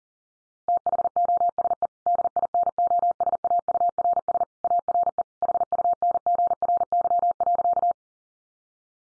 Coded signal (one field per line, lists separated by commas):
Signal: Morse code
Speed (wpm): 40 wpm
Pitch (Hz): 700 Hz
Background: none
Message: THOSE DINOSAURS ARE HUNGRY.